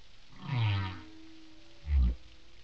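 Whale giving two deep, groaning grunts: a longer moan with a sliding overtone, then after a pause a shorter, low thump-like grunt.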